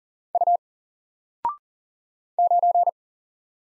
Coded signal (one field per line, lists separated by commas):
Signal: Morse code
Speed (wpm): 40 wpm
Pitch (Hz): 700 Hz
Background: none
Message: U 9